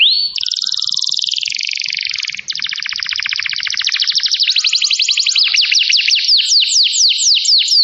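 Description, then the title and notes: Canary song as a continuous fast trill that shifts through several rattling and buzzy textures before ending in repeated sweeping notes. Song recording used as a lure to attract birds. "Pikat Burung Baru. kenari"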